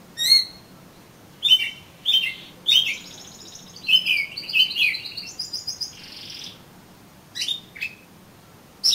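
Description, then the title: Oriental magpie-robin song of clear whistled notes and a run of buzzy trills in the middle, then a few scattered sharp chirps. "Kacer Kacer"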